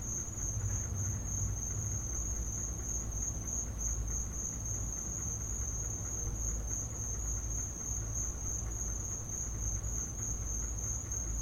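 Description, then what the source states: Crickets keep up a constant high trill while a low background drone continues beneath. Crickets in the recordist's back yard; field recording.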